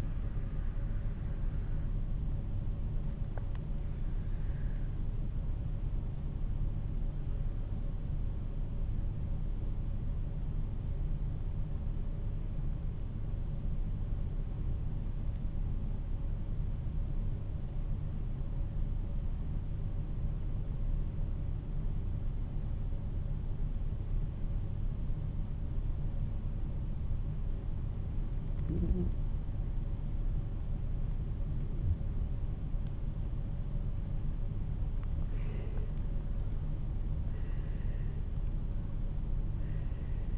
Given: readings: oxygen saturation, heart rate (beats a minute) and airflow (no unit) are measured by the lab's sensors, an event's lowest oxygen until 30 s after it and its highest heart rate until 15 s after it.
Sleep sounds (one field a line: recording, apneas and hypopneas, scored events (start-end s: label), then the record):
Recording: breathing in sleep by a smartphone at the bedside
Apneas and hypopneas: 1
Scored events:
9.00-30.80 s: hypopnea (N1, oxygen 95% highest, then 87% lowest, heart rate 50 at the start, 59 highest)
12.00-40.38 s: new sleep stage, N2 (light sleep)
From the record:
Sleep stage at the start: N1 (lightest sleep)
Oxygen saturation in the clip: 88 to 95%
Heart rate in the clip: 46 to 53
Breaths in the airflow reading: 7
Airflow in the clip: -6.0 to 10.1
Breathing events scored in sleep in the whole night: 388 in 6.5 hours asleep